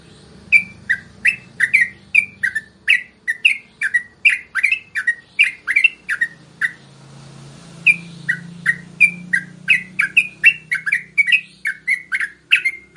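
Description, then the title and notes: Yellow-vented bulbul song: a fast run of short, sharp, slurred chirps, broken by one brief pause, over a low steady hum. Master recording used to train captive birds; song styles named tembakan and ropel. "MASTERAN Trucukan Tembakan Dan Ropel. BURUNG TRUCUKAN"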